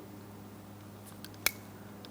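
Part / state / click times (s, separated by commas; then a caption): electrical connector into door lock switch / seated / 1.5 s. An electrical connector for the door lock on a 2003-2007 Cadillac CTS front door is lined up and pressed into the door lock switch behind the inside door handle. A faint tick at 1.2 s is followed by one sharp, bright click at 1.5 s, then a softer tick near 2.1 s over a low steady hum. The connector seats and is secure.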